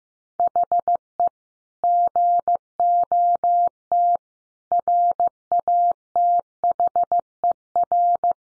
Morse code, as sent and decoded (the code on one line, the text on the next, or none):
.... . / --. --- - / .-. .- - .... . .-.
HE GOT RATHER